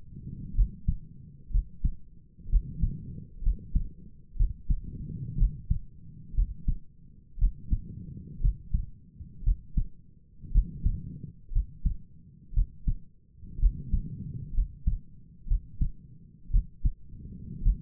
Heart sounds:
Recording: heart sounds by stethoscope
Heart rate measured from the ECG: 60 bpm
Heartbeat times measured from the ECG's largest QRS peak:
0.55 s: heartbeat
1.51 s: heartbeat
2.50 s: heartbeat
3.43 s: heartbeat
4.37 s: heartbeat
5.38 s: heartbeat
6.35 s: heartbeat
7.39 s: heartbeat
8.41 s: heartbeat
9.44 s: heartbeat
10.52 s: heartbeat
11.52 s: heartbeat
12.54 s: heartbeat
13.60 s: heartbeat
14.54 s: heartbeat
15.48 s: heartbeat
16.51 s: heartbeat
17.63 s: heartbeat
From the record:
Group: healthy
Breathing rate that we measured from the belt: 22 breaths a minute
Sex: female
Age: 28 years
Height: 170 cm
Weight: 77 kg

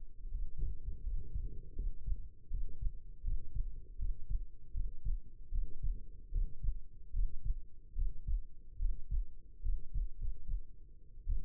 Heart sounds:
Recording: heart sounds by stethoscope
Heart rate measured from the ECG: 77 bpm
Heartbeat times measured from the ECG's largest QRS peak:
0.30 s: heartbeat
1.02 s: heartbeat
1.74 s: heartbeat
2.49 s: heartbeat
3.22 s: heartbeat
3.97 s: heartbeat
4.72 s: heartbeat
5.50 s: heartbeat
6.30 s: heartbeat
7.12 s: heartbeat
7.94 s: heartbeat
8.78 s: heartbeat
9.61 s: heartbeat
10.17 s: heartbeat
11.25 s: heartbeat
From the record:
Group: healthy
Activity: breath hold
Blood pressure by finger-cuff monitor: 110/66 mmHg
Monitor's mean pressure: 77 mmHg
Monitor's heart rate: 80 bpm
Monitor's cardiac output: 6.2 L/min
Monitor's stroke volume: 78 mL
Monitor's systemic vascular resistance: 880 dyn s/cm5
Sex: female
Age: 22 years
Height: 171 cm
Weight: 65.6 kg

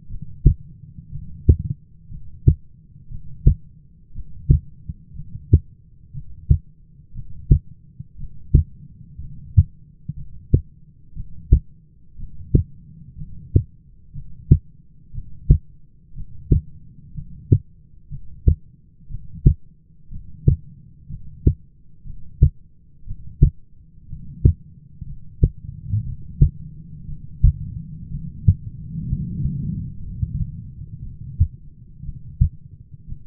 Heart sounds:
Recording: heart sounds by stethoscope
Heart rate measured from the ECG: 60 bpm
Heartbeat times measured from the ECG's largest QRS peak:
0.09 s: heartbeat
1.11 s: heartbeat
2.09 s: heartbeat
3.09 s: heartbeat
4.14 s: heartbeat
5.15 s: heartbeat
6.13 s: heartbeat
7.14 s: heartbeat
8.18 s: heartbeat
9.20 s: heartbeat
10.16 s: heartbeat
11.15 s: heartbeat
12.18 s: heartbeat
13.17 s: heartbeat
14.13 s: heartbeat
15.13 s: heartbeat
16.15 s: heartbeat
17.14 s: heartbeat
18.10 s: heartbeat
19.09 s: heartbeat
20.11 s: heartbeat
21.09 s: heartbeat
22.05 s: heartbeat
23.06 s: heartbeat
24.08 s: heartbeat
25.05 s: heartbeat
26.04 s: heartbeat
27.07 s: heartbeat
28.10 s: heartbeat
29.07 s: heartbeat
30.02 s: heartbeat
31.02 s: heartbeat
32.04 s: heartbeat
33.07 s: heartbeat
From the record:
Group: heart failure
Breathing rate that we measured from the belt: 15 breaths a minute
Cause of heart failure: dilated cardiomyopathy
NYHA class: 2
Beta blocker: bisoprolol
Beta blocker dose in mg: 10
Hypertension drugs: sacubitril-valsartan, spironolactone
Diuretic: furosemide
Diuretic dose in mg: 40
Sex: male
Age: 29 years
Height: 174 cm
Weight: 92 kg

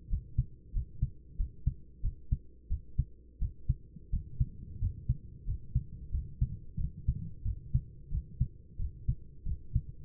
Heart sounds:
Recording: heart sounds by stethoscope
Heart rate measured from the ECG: 90 bpm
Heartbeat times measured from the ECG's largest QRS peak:
0.09 s: heartbeat
0.73 s: heartbeat
1.37 s: heartbeat
2.02 s: heartbeat
2.69 s: heartbeat
3.39 s: heartbeat
4.11 s: heartbeat
4.80 s: heartbeat
5.45 s: heartbeat
6.11 s: heartbeat
6.77 s: heartbeat
7.44 s: heartbeat
8.10 s: heartbeat
8.78 s: heartbeat
9.45 s: heartbeat
From the record:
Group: healthy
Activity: cold pressor test 0-6 s, rest 6-10 s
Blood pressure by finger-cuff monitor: 137/70 mmHg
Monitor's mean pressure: 88 mmHg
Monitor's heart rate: 92 bpm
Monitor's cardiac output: 9.5 L/min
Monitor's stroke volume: 101 mL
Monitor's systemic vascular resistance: 670 dyn s/cm5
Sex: male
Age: 24 years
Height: 184 cm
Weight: 89 kg

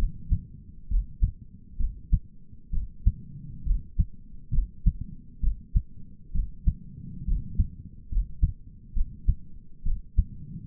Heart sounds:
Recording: heart sounds by stethoscope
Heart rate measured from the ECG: 67 bpm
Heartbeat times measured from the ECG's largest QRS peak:
0.90 s: heartbeat
1.79 s: heartbeat
2.73 s: heartbeat
3.66 s: heartbeat
4.53 s: heartbeat
5.42 s: heartbeat
6.34 s: heartbeat
7.27 s: heartbeat
8.11 s: heartbeat
8.96 s: heartbeat
9.86 s: heartbeat
From the record:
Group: healthy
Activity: cold pressor test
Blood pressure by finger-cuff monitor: 106/66 mmHg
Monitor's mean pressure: 80 mmHg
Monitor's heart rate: 65 bpm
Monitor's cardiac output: 5.8 L/min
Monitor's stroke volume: 89 mL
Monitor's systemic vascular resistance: 990 dyn s/cm5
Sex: male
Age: 22 years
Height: 181 cm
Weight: 79 kg

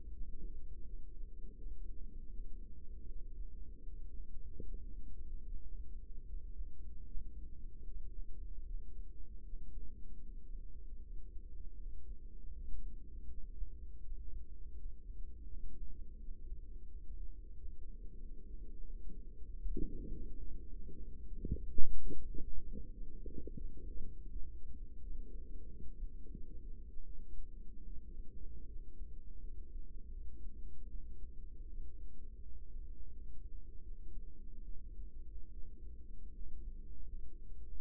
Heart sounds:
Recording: heart sounds by microphone in the right ear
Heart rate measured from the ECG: 83 bpm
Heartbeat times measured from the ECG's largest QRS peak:
0.10 s: heartbeat
0.82 s: heartbeat
1.55 s: heartbeat
2.28 s: heartbeat
3.04 s: heartbeat
3.83 s: heartbeat
4.62 s: heartbeat
5.43 s: heartbeat
6.23 s: heartbeat
7.04 s: heartbeat
7.84 s: heartbeat
8.63 s: heartbeat
9.42 s: heartbeat
10.20 s: heartbeat
10.99 s: heartbeat
11.76 s: heartbeat
12.52 s: heartbeat
13.26 s: heartbeat
14.00 s: heartbeat
14.74 s: heartbeat
15.46 s: heartbeat
16.17 s: heartbeat
16.86 s: heartbeat
17.54 s: heartbeat
18.19 s: heartbeat
18.83 s: heartbeat
19.45 s: heartbeat
20.07 s: heartbeat
20.65 s: heartbeat
21.22 s: heartbeat
21.77 s: heartbeat
22.32 s: heartbeat
22.91 s: heartbeat
23.53 s: heartbeat
24.29 s: heartbeat
24.99 s: heartbeat
25.66 s: heartbeat
26.30 s: heartbeat
27.03 s: heartbeat
27.83 s: heartbeat
28.65 s: heartbeat
29.38 s: heartbeat
30.09 s: heartbeat
30.87 s: heartbeat
31.66 s: heartbeat
32.39 s: heartbeat
33.08 s: heartbeat
33.80 s: heartbeat
34.62 s: heartbeat
35.50 s: heartbeat
36.31 s: heartbeat
37.04 s: heartbeat
37.74 s: heartbeat
From the record:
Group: healthy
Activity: Valsalva maneuver 0-21 s, rest 21-38 s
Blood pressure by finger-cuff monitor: 120/79 mmHg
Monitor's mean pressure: 93 mmHg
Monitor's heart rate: 81 bpm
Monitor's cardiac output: 5.9 L/min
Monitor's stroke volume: 73 mL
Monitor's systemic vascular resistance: 1120 dyn s/cm5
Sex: female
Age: 24 years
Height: 163 cm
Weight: 55.7 kg

